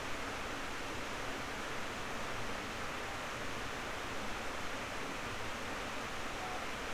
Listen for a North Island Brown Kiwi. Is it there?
no